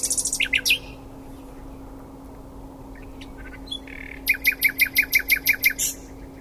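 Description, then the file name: Common nightingale song: a short burst of sharp notes, a pause, then a fast series of loud repeated chirping notes near the end, over a steady low hum. "Luscinia megarhynchos"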